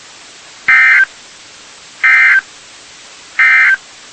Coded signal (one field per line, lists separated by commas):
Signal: Emergency Alert System (SAME) tones